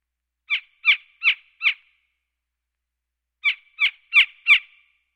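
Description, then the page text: Gila woodpecker calls: two bursts of four sharp, harsh yipping notes each, evenly spaced about a third of a second apart, separated by a short pause; otherwise silent. "Gila Woodpecker. Quick Sounds"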